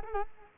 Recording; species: mosquito wingbeat signal from an infrared sensor; Culex quinquefasciatus